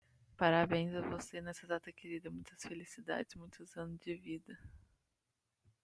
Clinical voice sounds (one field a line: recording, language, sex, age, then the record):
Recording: short text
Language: Brazilian Portuguese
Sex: female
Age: 20 to 29 years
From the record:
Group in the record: control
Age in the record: 28 years